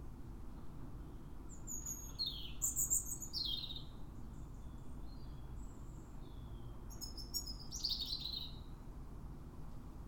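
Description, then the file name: European robin with two separate short bursts of high, thin, sliding whistles and twitters, separated by a quieter stretch, over noticeable low rumbling noise. "Erithacus rubecula"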